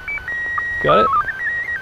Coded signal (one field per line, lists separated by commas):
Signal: SSTV (slow-scan television)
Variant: PD 180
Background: speech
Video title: Perfect ISS SSTV Images... Almost! - ISS SSTV April 2016 Video #2